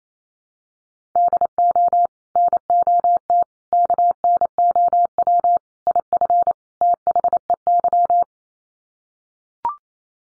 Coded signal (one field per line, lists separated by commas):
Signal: Morse code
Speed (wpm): 28 wpm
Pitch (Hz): 700 Hz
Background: none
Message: DO NOT KNOW IF THEY